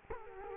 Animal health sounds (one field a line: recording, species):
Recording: mosquito wingbeat signal from an infrared sensor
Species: Culex quinquefasciatus